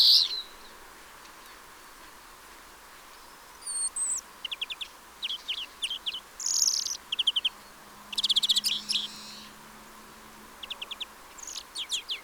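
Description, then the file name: European greenfinch calls: short bursts of rapid, buzzy trilled notes high in pitch, given in separate groups with pauses, over a quiet background hiss. "Chloris chloris"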